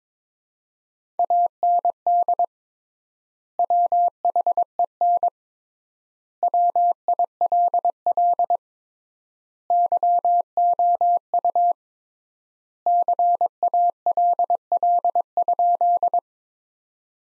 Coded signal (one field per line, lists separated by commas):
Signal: Morse code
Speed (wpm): 22 wpm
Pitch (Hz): 700 Hz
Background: none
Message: AND WHEN WILL YOU CALL?